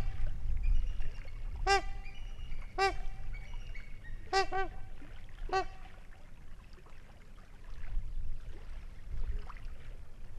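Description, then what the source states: Trumpeter swan trumpeting: several loud, nasal, horn-like honks, spaced about a second or more apart, over a steady low rumble. Trumpeting calls near a lake in Wisconsin in 2019.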